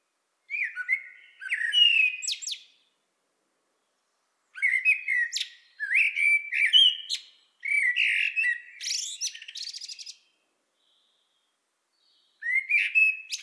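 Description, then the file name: Common blackbird song in repeated phrases a few seconds apart, fluting whistled notes followed by thin squeaky flourishes; background otherwise silent. "Turdus merula"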